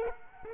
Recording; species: mosquito wingbeat signal from an infrared sensor; Culex quinquefasciatus